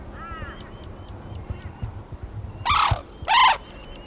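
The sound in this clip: Sarus crane giving two loud, rasping trumpet blasts near the end, after faint high chirps and scattered soft clicks.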